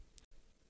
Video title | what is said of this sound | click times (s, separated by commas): Ford 3.5L Ti-VCT Purge Valve Replacement/ Flex/ Explorer/ Edge/ Taurus | be sure it snaps into place give it a tug make sure it's secure | 0.2 s